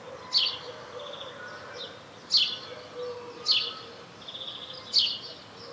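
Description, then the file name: House sparrow giving four bright, descending chirps spaced roughly one to two seconds apart, with fainter twittering between them and a low hum behind. "Passer domesticus"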